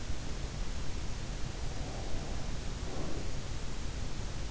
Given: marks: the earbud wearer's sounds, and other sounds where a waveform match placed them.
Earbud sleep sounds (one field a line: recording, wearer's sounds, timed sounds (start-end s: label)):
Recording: sounds in sleep by an in-ear microphone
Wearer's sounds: breath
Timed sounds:
1.92-3.40 s: breath